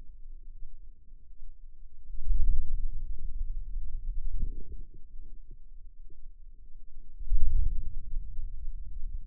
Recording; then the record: forearm muscle sounds (acoustic myography)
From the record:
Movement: wrist extension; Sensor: system 2, bracelet of six BSWA MPA416 microphones around the upper forearm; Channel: 5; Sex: female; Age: 23 years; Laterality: right